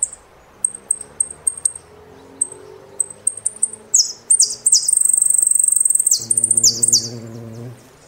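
Saffron finch: high chips, then a loud buzzy trill with swoops, while a low droning hum runs in the background.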